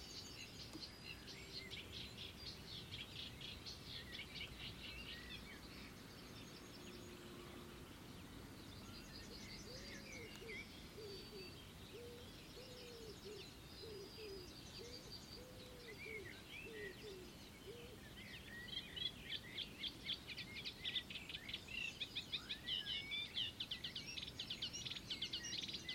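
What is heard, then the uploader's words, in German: Birds chirp and trill steadily throughout, a low repeated call runs midway, and the twittering grows denser and louder after about nineteen seconds. Danach kamen die üblichen Vögel.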